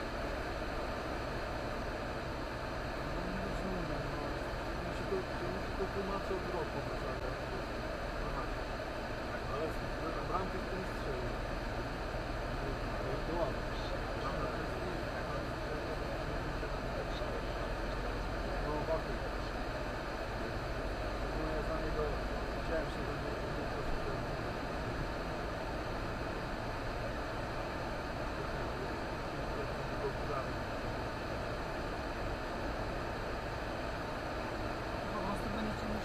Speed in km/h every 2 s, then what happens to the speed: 59, 59, 58, 56, 54, 55, 57, 58, 59, 64, 67, 73, 78, 79, 79, 78, 79, 78.
0-11 steady at about 56. 11-25 speeds up to 79. 25-36 steady at about 79.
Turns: none.